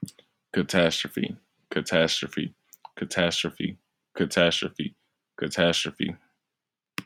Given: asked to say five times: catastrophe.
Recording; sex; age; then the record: repeated word; male; 20 to 29 years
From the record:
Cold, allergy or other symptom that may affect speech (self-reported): no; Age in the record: 22 years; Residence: Alabama, United States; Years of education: 16